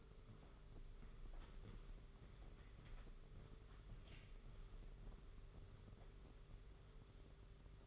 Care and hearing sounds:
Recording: daily activity, microphone in the room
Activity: walk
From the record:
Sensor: 4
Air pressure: 991.5 hPa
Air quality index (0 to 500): 138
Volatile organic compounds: 57 ppm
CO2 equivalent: 3380 ppm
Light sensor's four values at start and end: 23/75/28/29 and 23/76/28/29

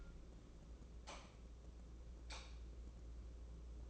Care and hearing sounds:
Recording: daily activity, microphone in the room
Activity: light on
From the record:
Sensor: 1

